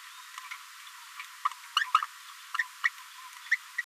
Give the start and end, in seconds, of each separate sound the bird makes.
0.51-0.54, 1.76-1.86, 1.94-2.02, 2.54-2.64, 2.83-2.90, 3.51-3.57, 3.77-3.82